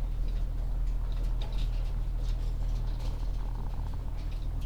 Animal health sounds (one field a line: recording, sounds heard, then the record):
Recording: poultry house recording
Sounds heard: sick chickens (respiratory disease)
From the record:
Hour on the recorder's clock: 14